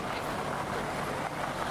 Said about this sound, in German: Kloink, kloink. Ah, hinter mir ein Auto. Ein PKW, um genau zu sein.